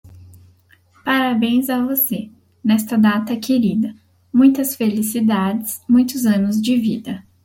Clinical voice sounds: short text; Brazilian Portuguese; female; 20 to 29 years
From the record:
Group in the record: control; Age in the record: 29 years

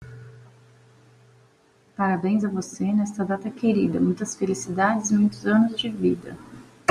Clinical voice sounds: short text; Brazilian Portuguese; female; 30 to 39 years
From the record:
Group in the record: control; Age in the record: 38 years

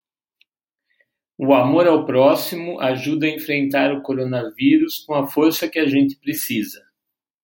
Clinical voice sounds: spoken sentence; Brazilian Portuguese; male; 50 to 59 years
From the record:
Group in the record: control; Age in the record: 55 years

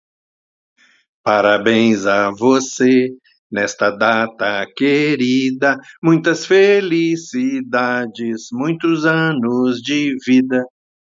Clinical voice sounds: short text; Brazilian Portuguese; male; 70 to 79 years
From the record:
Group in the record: control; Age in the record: 70 years

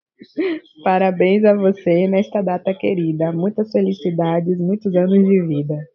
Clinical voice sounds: short text; Brazilian Portuguese; female; 20 to 29 years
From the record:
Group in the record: control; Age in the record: 22 years

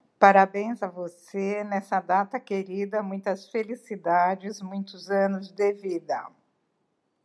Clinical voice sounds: short text; Brazilian Portuguese; female; 60 to 69 years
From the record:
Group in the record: control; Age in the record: 67 years

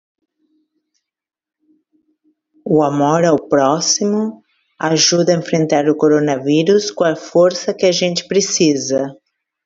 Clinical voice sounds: spoken sentence; Brazilian Portuguese; female; 50 to 59 years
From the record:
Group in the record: control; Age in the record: 57 years

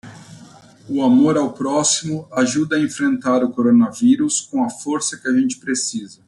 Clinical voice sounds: spoken sentence; Brazilian Portuguese; male; 60 to 69 years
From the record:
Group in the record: control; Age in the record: 60 years

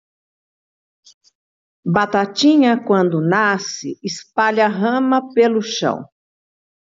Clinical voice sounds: short text; Brazilian Portuguese; female; 60 to 69 years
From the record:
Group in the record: control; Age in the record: 66 years

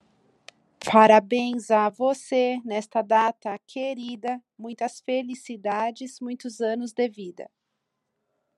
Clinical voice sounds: short text; Brazilian Portuguese; female; 40 to 49 years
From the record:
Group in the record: control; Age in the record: 42 years

